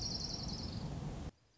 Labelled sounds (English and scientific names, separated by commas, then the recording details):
Orange-crowned Warbler (Leiothlypis celata)
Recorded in Sonoma County, California